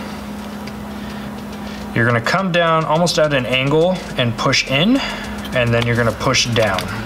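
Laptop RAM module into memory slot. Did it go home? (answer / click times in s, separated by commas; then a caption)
no / none. The first 8 GB SO-DIMM memory module is lined up with the slot edges of a 2011 or 2012 MacBook Pro, ready to be angled in and pushed down. A steady low hum runs throughout, and from about 2.0 s someone talks. Nothing has seated or clicked yet.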